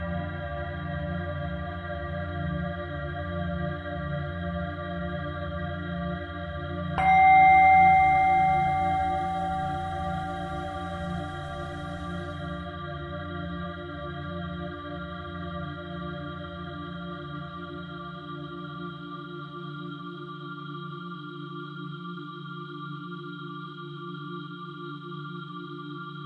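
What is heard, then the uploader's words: A singing bowl hums with a steady, layered ring of low and middle tones. Around seven seconds it is struck, adding a bright metallic chime that fades slowly over several seconds, while the deep drone carries on quietly to the end. Inner Self Singing Bowl Healing Audio, Chakra Purification 141.27Hz.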